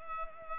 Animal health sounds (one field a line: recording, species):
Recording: mosquito wingbeat signal from an infrared sensor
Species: Culex pipiens